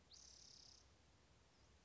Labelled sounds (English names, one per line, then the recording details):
Spotted Towhee
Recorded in Sonoma County, California